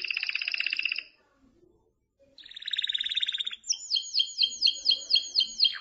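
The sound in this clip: Canary song: a buzzy rattling trill, a pause, a second rattle, then a series of ringing repeated downslurred whistles.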